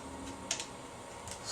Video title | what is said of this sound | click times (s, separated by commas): Tool Talk with Mark the Window Cleaner 28 Unger Plastic Cranked Joint Angle Adaptor | and it just snaps into place there | 0.5 s